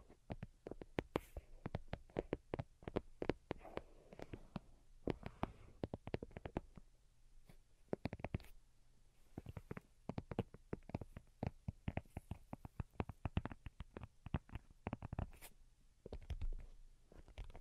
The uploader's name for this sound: Most Delicate and Calming Tapping